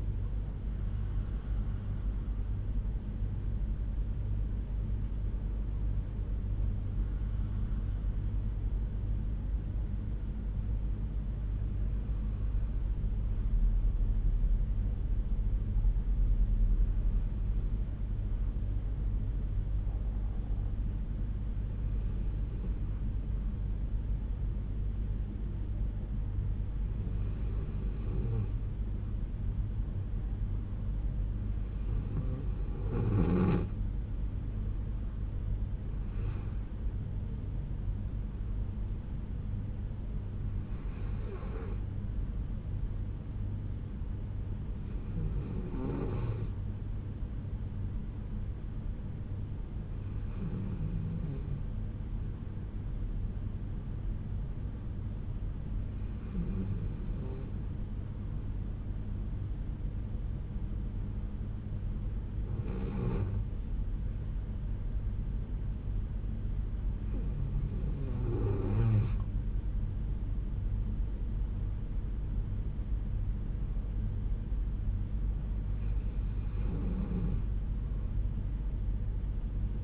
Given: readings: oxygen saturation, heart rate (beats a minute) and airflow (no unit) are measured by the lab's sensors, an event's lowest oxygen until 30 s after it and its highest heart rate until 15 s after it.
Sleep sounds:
breathing in sleep by a smartphone at the bedside; 2
6.00-32.60 s: hypopnea (N2, oxygen 96% highest, then 92% lowest, heart rate 59 at the start, 74 highest)
27.00-57.00 s: new sleep stage, N1 (lightest sleep)
49.00-72.40 s: hypopnea (N1, oxygen 95% highest, then 93% lowest, heart rate 61 at the start, 72 highest)
57.00-79.84 s: new sleep stage, N2 (light sleep)
From the record:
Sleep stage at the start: N2 (light sleep); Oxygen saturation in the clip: 92 to 96%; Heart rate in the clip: 59 to 74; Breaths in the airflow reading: 15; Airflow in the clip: -6.9 to 8.1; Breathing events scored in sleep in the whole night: 368 in 8.0 hours asleep

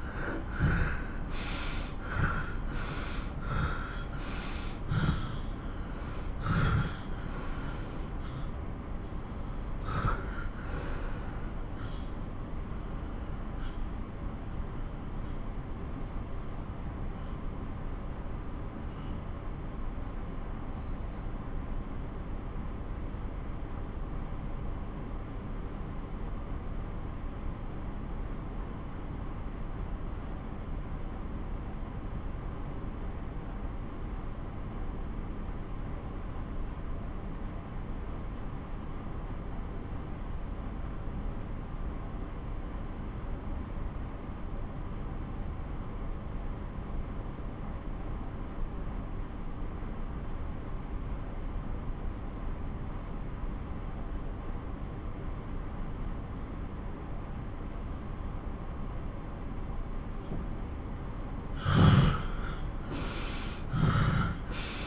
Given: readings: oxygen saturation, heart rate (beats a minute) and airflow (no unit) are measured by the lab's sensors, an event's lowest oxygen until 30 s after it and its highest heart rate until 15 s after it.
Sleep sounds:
breathing in sleep by a smartphone at the bedside; 1
10.00-57.40 s: obstructive apnea (N1, oxygen 95% highest, then 87% lowest)
21.00-51.00 s: new sleep stage, N2 (light sleep)
51.00-64.87 s: new sleep stage, N1 (lightest sleep)
From the record:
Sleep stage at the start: N1 (lightest sleep); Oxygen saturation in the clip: 81 to 95%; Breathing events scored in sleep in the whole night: 217 in 6.3 hours asleep

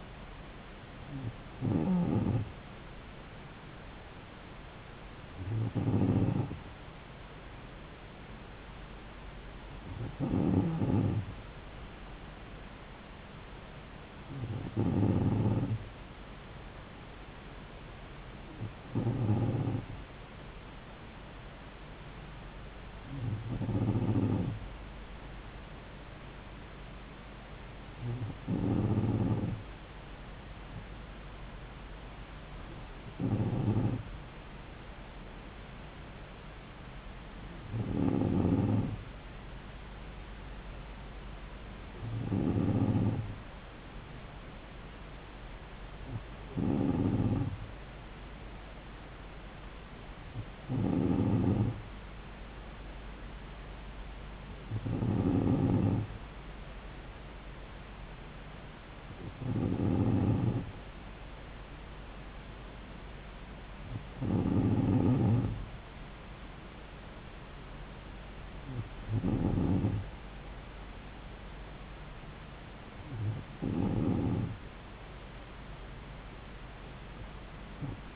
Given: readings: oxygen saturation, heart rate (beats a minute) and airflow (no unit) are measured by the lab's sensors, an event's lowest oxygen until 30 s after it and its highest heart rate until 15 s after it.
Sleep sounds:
breathing in sleep by a voice recorder at the bedside; none
none scored
From the record:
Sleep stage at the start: N2 (light sleep); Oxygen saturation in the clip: 94%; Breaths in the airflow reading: 17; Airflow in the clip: -3.3 to 3.1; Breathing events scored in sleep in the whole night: 270 in 6.1 hours asleep

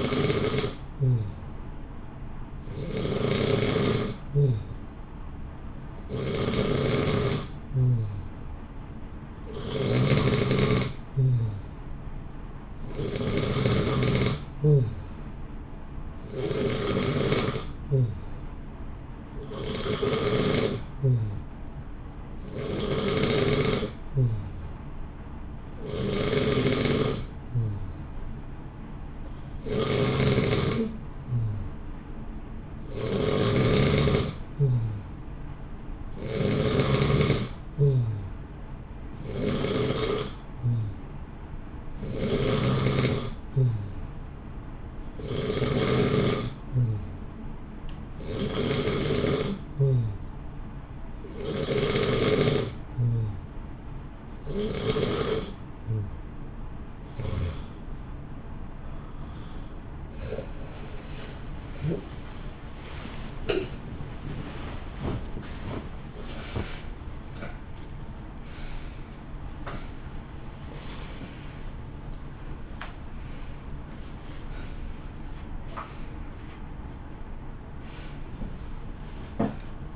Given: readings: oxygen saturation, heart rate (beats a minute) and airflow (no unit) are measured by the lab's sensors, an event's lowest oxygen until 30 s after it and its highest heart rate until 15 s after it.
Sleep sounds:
breathing in sleep by a smartphone at the bedside; 1
46.00-62.70 s: hypopnea (N2, oxygen 91% highest, then 90% lowest, heart rate 67 at the start, 89 highest)
57.00-79.96 s: new sleep stage, awake
60.00-79.96 s: awake
From the record:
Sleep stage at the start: N2 (light sleep); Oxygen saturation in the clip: 90 to 91%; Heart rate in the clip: 63 to 89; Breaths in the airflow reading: 26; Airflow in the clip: -4.1 to 4.9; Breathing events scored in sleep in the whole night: 328 in 6.3 hours asleep

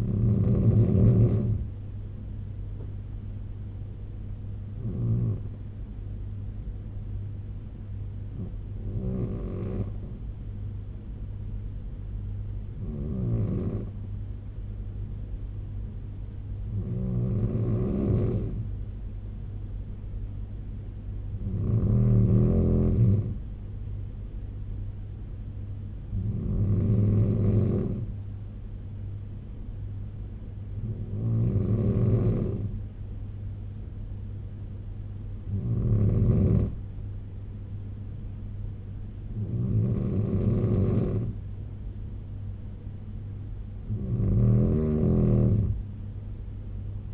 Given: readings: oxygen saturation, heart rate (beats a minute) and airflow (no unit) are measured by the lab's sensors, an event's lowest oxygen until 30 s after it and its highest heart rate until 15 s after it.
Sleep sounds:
breathing in sleep by a smartphone at the bedside; 1
7.00-19.50 s: hypopnea (N3, oxygen 95% highest, then 93% lowest, heart rate 71 at the start, 74 highest)
From the record:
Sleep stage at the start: N3 (deep sleep); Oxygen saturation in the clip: 93 to 96%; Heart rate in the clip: 67 to 78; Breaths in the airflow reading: 11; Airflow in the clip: -3.9 to 4.8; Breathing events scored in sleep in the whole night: 201 in 6.5 hours asleep

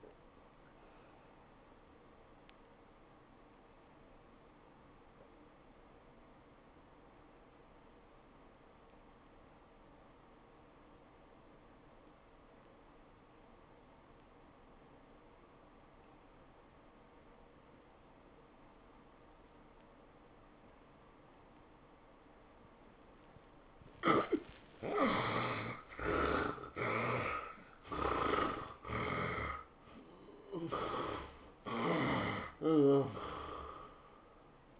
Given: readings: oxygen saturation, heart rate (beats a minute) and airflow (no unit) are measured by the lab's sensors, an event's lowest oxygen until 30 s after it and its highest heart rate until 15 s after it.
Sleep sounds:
breathing in sleep by a voice recorder at the bedside; 1
4.00-24.00 s: obstructive apnea (N1, oxygen 88% highest, then 67% lowest, heart rate 96 at the start, 112 highest)
From the record:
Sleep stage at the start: N1 (lightest sleep); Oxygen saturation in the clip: 66 to 88%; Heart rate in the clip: 76 to 113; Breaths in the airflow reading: 5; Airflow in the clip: -19.1 to 12.2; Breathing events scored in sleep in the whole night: 403 in 5.5 hours asleep

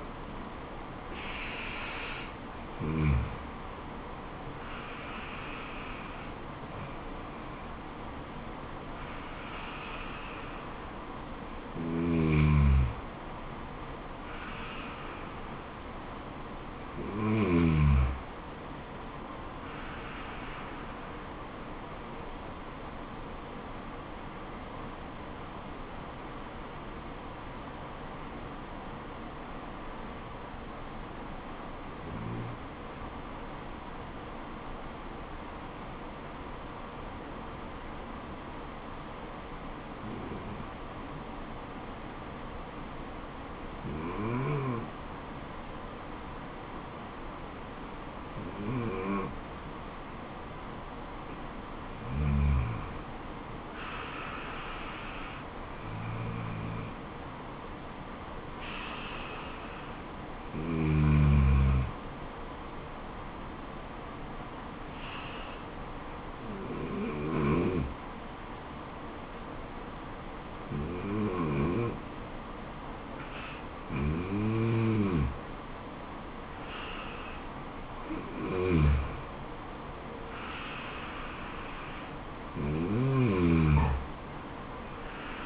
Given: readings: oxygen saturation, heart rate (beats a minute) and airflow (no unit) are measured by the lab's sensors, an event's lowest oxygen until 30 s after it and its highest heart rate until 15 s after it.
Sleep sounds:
breathing in sleep by a voice recorder at the bedside; 1
24.00-54.00 s: new sleep stage, N1 (lightest sleep)
31.00-52.60 s: hypopnea (N1, oxygen 96% highest, then 93% lowest, heart rate 76 at the start, 76 highest)
54.00-85.46 s: new sleep stage, N2 (light sleep)
From the record:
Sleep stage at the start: N2 (light sleep); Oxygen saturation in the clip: 93 to 96%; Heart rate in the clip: 67 to 79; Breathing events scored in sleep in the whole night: 426 in 7.4 hours asleep

